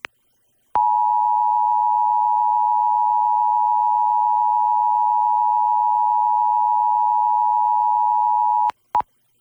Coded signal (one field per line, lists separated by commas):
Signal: Emergency Alert System (SAME) tones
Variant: 853 and 960 Hz attention tone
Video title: EAS #900-901: 2 EAS Required Monthly Tests- Jan. 5, 2024- 10:15AM PST